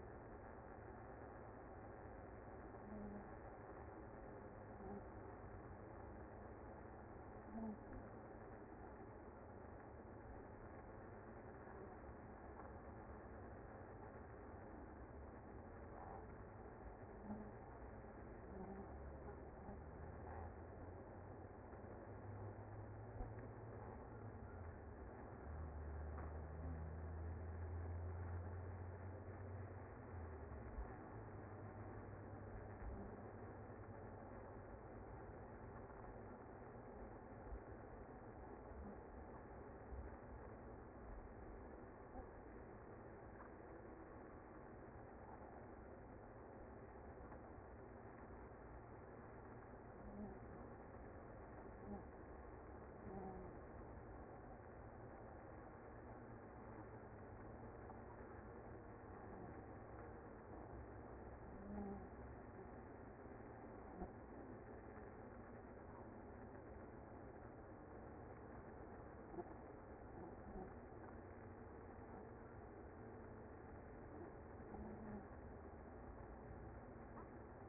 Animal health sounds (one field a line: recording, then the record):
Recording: honeybee colony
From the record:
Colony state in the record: active